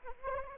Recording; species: mosquito wingbeat signal from an infrared sensor; Anopheles arabiensis